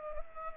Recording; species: mosquito wingbeat signal from an infrared sensor; Culex pipiens